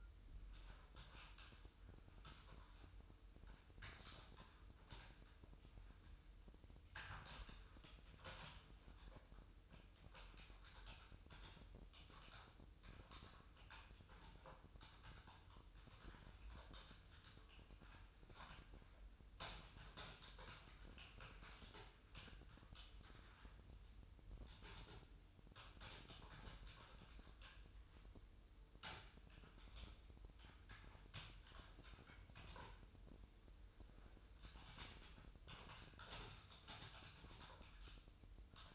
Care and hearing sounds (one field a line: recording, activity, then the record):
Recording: daily activity, microphone in the room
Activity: typing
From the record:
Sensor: 2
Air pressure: 988.6 hPa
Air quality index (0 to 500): 202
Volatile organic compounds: 265 ppm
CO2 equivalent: 4400 ppm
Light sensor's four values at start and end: 21/74/28/28 and 21/74/28/28